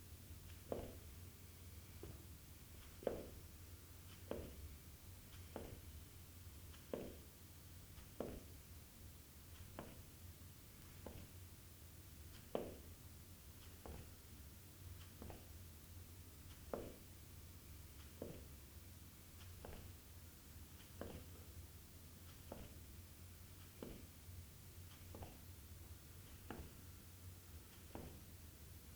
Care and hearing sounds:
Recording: daily activity, guitar pickup as the sensor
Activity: jump

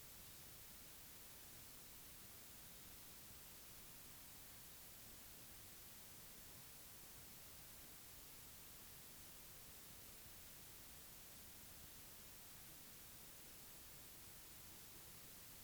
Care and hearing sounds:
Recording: daily activity, guitar pickup as the sensor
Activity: drink water

